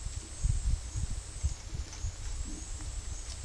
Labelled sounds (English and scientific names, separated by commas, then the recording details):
none
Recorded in dense forest near Puerto Asís, Putumayo, Colombia, on 19 February 2024 at 11:30
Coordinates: 0.485, -76.322
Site G6406